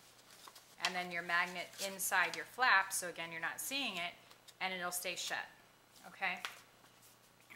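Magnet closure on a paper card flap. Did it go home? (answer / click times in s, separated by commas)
yes / 7.5 s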